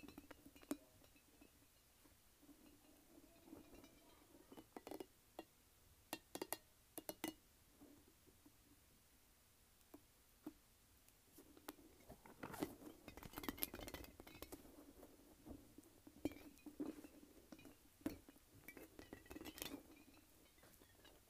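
A light-up ball is squished and shaken, giving sharp clicks and rattling taps scattered throughout, with a busier cluster of rattles around the middle. Between the bursts a low, steady hum sits underneath, and brief soft rustles come and go.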